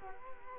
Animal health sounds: mosquito wingbeat signal from an infrared sensor; Culex quinquefasciatus

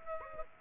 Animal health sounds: mosquito wingbeat signal from an infrared sensor; Aedes aegypti

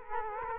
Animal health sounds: mosquito wingbeat signal from an infrared sensor; Culex quinquefasciatus

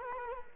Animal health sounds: mosquito wingbeat signal from an infrared sensor; Culex quinquefasciatus

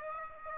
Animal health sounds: mosquito wingbeat signal from an infrared sensor; Aedes aegypti

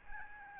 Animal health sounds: mosquito wingbeat signal from an infrared sensor; Aedes albopictus

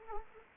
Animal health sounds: mosquito wingbeat signal from an infrared sensor; Anopheles arabiensis

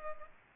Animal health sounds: mosquito wingbeat signal from an infrared sensor; Culex pipiens

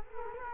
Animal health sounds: mosquito wingbeat signal from an infrared sensor; Culex quinquefasciatus

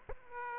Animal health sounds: mosquito wingbeat signal from an infrared sensor; Aedes aegypti

